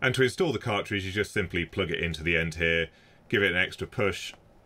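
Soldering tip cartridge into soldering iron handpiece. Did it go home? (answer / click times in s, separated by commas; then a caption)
no / none. A micro-fine soldering iron tip cartridge is being plugged into the end of the handpiece and given an extra push while someone talks. Speech fills the clip, with a short quiet gap near 3 s, and no distinct mechanical sound stands out. Nothing has seated or clicked yet.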